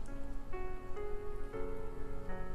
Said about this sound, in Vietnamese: Hứa Ôn Noãn nhìn những giọt mưa không ngừng rơi trên cửa kính xe, nghe tiếng mưa ngoài trời